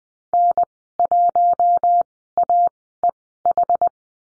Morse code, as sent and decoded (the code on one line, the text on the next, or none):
-. .---- .- . ....
N1AEH